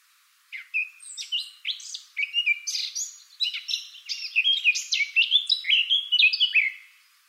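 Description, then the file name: Eurasian blackcap song: a fast, jumbled warble of high chirps and clear whistled notes, steadily building in volume before stopping abruptly. "Sylvia atricapilla"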